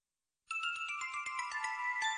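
A bright electronic ringtone plays on its own after a brief silence, its steady melodic tones pulsing in a quick, repeating pattern as a video call is placed to an aunt.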